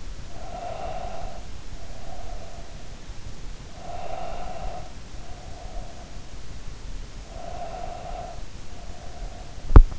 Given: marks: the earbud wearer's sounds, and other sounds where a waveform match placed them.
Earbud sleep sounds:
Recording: sounds in sleep by an in-ear microphone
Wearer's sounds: breath, teeth grinding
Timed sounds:
0.00-3.19 s: breath
3.89-6.42 s: breath
7.29-9.62 s: breath
9.62-9.99 s: teeth grinding

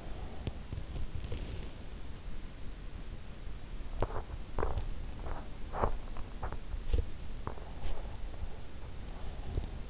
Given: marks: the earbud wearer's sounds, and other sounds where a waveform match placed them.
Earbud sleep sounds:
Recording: sounds in sleep by an in-ear microphone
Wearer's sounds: teeth grinding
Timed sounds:
0.00-1.68 s: teeth grinding
3.69-8.73 s: teeth grinding

